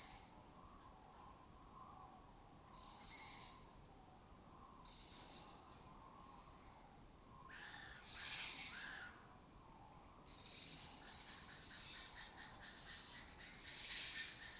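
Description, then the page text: Lesser kestrel harsh rasping calls in short bursts spread throughout, over a steady low hum of insects. Migratory raptor that forages in West Africa and breeds in southern Europe; a colony has taken over an abandoned building in Doñana. "Lesser Kestrels Took Over an Abandoned Building. Here in Doñana"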